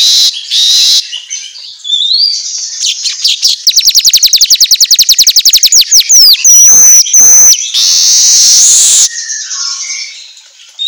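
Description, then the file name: Weaver song: wheezy hissing bursts, then a long rapid rattle of ticks, a clear whistled note and sizzling buzzes. Song recording meant for training songbirds, labelled 'auto gacor'. "Suara Kicau Manyar Kepala Emas Auto Gacor"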